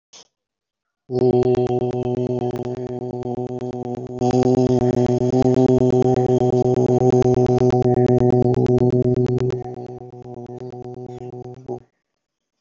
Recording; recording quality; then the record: sustained vowel as in boot; moderate, slight background noise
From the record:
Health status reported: exposed to COVID-19, no respiratory illness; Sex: male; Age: 22 years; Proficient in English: yes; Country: India